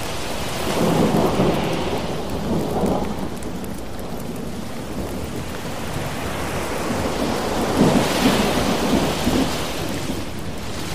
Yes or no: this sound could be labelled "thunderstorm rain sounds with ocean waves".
yes